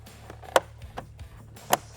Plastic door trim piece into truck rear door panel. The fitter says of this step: And then we'll just get these front ones in. Snap right into place.